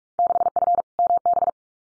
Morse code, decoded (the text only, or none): 6F MB